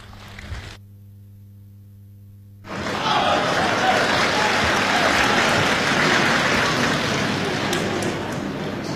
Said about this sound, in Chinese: 谢谢，谢谢，谢谢现场所有热情的观众，谢谢您这么稀稀拉拉的掌声，谢谢大家。